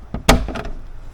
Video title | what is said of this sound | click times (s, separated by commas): 13-17 Kawasaki Ninja 300 Motodynamic Full LED Projector Head Light with DRL Install + Intelliflash | the center of it down you're going to hear a pop | 0.3 s